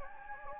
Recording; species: mosquito wingbeat signal from an infrared sensor; Anopheles gambiae